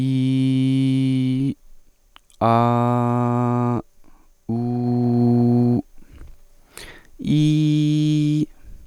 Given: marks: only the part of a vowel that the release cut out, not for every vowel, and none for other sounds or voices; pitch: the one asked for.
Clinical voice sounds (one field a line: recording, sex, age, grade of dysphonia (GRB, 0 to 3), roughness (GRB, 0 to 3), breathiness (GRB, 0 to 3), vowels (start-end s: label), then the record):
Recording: sustained vowels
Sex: male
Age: 20 to 29 years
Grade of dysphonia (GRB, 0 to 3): 0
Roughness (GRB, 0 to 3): 0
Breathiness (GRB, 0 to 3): 0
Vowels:
0.00-1.37 s: vowel /i/, normal pitch
2.58-3.73 s: vowel /a/, normal pitch
4.58-5.74 s: vowel /u/, normal pitch
7.38-8.39 s: vowel /i/, high pitch
From the record:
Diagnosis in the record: healthy voice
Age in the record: 24 years